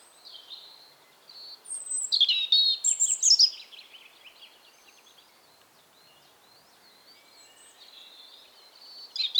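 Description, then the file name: European robin song: thin, high warbling phrases with varied trills and rapid twittering, pausing between bursts, with a new phrase starting at the end. "Erithacus rubecula"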